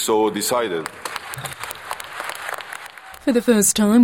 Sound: sound of applause